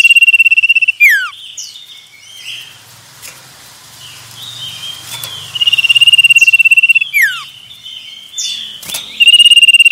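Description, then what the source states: Common iora song: steady high pulsed trills, the first two dropping into a falling slurred whistle, separated by quieter pauses of several seconds. Male.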